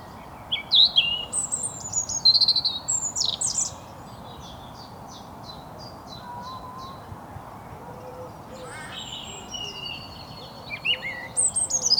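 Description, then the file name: European robin song: a sparkling phrase of high, squeaky and liquid notes, a long pause with faint low whistles in the background, then a fresh burst of song. "Erithacus rubecula"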